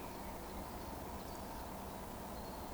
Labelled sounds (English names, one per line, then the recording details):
Eurasian Woodcock whistle
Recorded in Baden-Württemberg, Germany, on 12 June 2020 at 19:18 UTC
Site 14569, 102 m above sea level